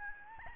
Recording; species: mosquito wingbeat signal from an infrared sensor; Aedes albopictus